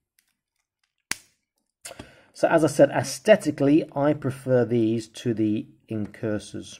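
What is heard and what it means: A plastic backpack is pushed into the back socket of a 1:18 scale action figure and snaps into place with a sharp click at 1.1 s. Someone then talks.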